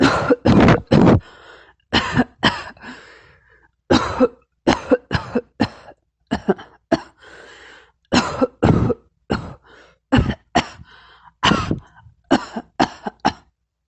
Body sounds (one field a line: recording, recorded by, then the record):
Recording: voluntary cough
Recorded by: messaging app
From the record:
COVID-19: negative